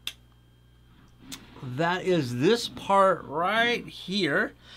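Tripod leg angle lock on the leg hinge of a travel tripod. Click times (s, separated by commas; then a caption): 0.1 s. A Nietoto aluminum travel tripod leg is pulled outward against resistance at its hinge until the leg-angle lock clicks into place with a sharp click at 0.1 s. Someone then talks, and the leg is locked in position.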